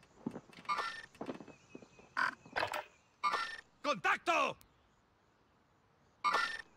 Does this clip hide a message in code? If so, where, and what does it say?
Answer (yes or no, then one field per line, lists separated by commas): no